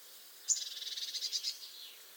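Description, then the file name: Eurasian blue tit with a single scold: a thin high note running straight into a rapid, buzzy, pulsing churr lasting about one second. "Cyanistes caeruleus"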